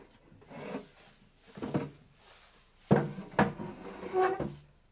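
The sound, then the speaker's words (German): A wooden chair scrapes and drags across the floor in several short pushes, with two sharp knocks as its legs bump down, ending in a brief creaking rub. No one speaks. “Hier hast du einen Stuhl.”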